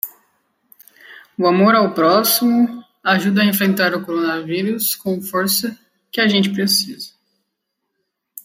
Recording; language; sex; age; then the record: spoken sentence; Brazilian Portuguese; female; 20 to 29 years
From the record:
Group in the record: control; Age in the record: 27 years